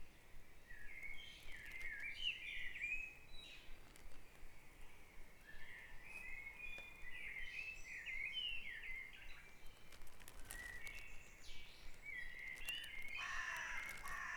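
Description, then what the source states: Mixed birdsong, many short chirping and twittering phrases overlapping steadily throughout, with a louder busy burst near the end. Dawn chorus at Back Dragon Avenue, Harrogate, part of the Sound Map of Harrogate.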